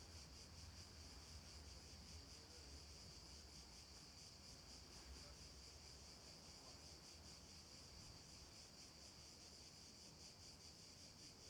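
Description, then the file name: Cicada chorus at night: a continuous high buzzing drone with gentle regular pulsing, and a low hum underneath throughout. "Ambience Cicadas Night 1"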